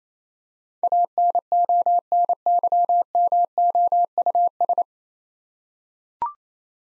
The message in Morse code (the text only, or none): ANONYMOUS